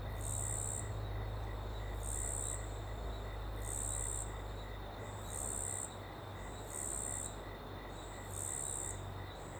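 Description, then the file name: Cricket repeating short high-pitched buzzing trills at a regular pace, set against a constant low rush. Ambience in a small open woodland with a river in the background; cricket very prominent on the left channel. "Ambiente em Pequena Mata Aberta e Rio ao Fundo com Grilo bem Presente na Esquerda"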